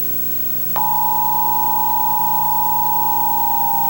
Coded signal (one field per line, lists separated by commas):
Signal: Emergency Alert System (SAME) tones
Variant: 853 and 960 Hz attention tone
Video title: EAS Oddity (7/23/2008)